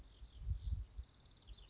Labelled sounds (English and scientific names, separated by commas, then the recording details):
House Wren (Troglodytes aedon)
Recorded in Sonoma County, California